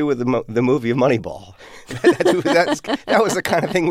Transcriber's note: laughter